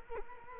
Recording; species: mosquito wingbeat signal from an infrared sensor; Culex quinquefasciatus